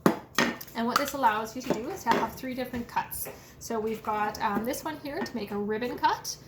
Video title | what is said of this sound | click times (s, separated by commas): Tupperware Master System How To | You can see they clip together nicely | 0.1 s